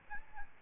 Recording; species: mosquito wingbeat signal from an infrared sensor; Aedes albopictus